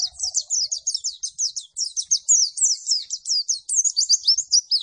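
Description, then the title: White-eye song, a nearly continuous stream of very high, rapid, slurred chirps repeated several times a second. Bird performing energetically after being given a vitamin C 1000 supplement. "Pleci Gacor"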